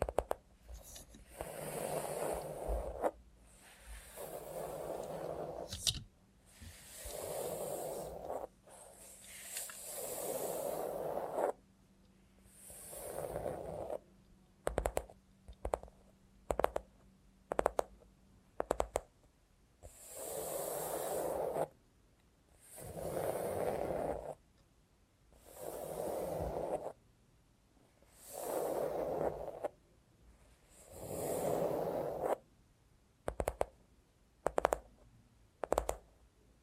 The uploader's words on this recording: Try ASMR with a Robot Hand (No Talking).